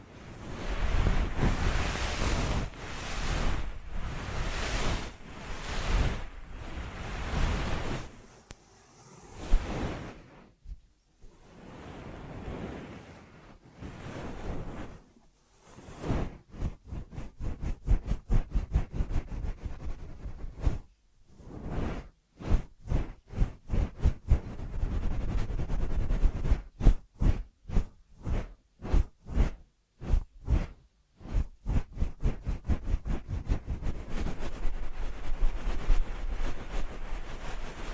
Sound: Ear Massage Triggers